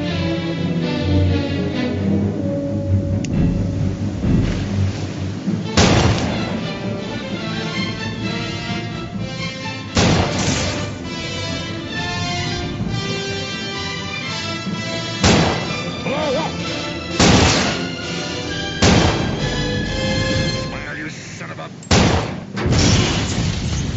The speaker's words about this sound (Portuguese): E agora? Ah, foi um tiro.